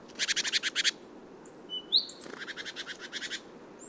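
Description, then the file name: Great tit churring call: two harsh, buzzy rattles of rapid repeated notes, each lasting about a second, separated by a few thin high whistled notes. "Parus major"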